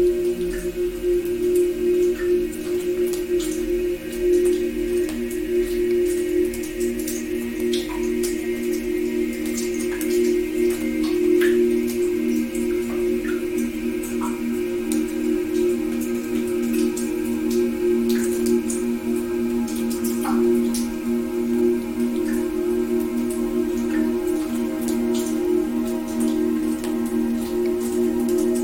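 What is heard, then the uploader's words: Water drops fall throughout, sounding as many short, crisp ticks and plinks at an irregular, fairly quick pace, some higher and ringing. Underneath, a steady low hum with a couple of sustained tones holds at an even level for the whole clip. Water Drop Sounds.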